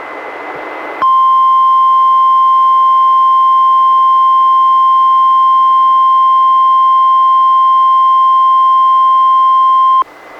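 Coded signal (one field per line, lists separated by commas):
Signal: Emergency Alert System (SAME) tones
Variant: 1050 Hz attention tone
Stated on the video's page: NOAA Weather Radio required weekly test relayed by Astoria station, recorded from a Reecom R-1630 weather radio through a Zoom H1 recorder.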